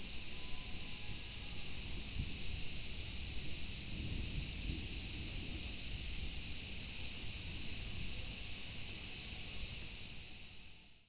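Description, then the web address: Cicada song, a steady, unbroken high buzzing drone that holds at one level for the whole stretch and fades only at the very end. Recorded 8 August 2019. "fukudai fu-cicada 190808"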